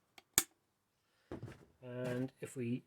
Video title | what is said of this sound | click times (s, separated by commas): Ford Escort Mk1 glovebox fascia panel | You can hear the click there. | 0.4 s